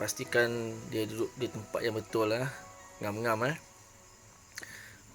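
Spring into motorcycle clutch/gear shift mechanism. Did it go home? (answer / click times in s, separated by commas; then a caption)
yes / 4.6 s. A spring is fitted into the clutch and gear shifter assembly of a Suzuki RG Sport motorcycle and made to sit in its place while someone talks. Two short, sharp metallic clicks follow at 4.6 s and 4.6 s as the clutch spring hooks into place, seated.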